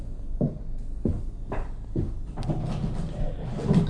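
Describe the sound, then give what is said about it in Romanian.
A window is worked open: four dull wooden knocks or creaks in a steady rhythm, followed by a longer rattling, scraping stretch as the frame gives way. No voices. “Dă drumul la fereastră.”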